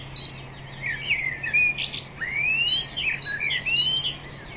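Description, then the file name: Common blackbird giving short chirps mixed with longer rising, whistled slides, the notes coming irregularly and crowding together toward the end. "Turdus merula"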